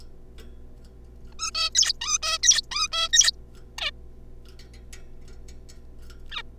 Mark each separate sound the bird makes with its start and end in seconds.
1.39-1.51, 1.55-1.70, 1.75-1.93, 2.01-2.18, 2.22-2.38, 2.43-2.61, 2.71-2.87, 2.92-3.08, 3.13-3.31, 3.78-3.91, 6.32-6.42